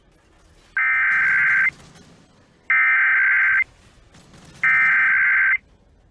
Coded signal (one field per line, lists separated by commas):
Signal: Emergency Alert System (SAME) tones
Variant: header bursts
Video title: EAS Required Monthly Test Minnesota/Wisconsin (Christmastime in the Iron Range Edition!)